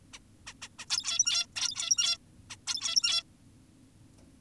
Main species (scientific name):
Taeniopygia guttata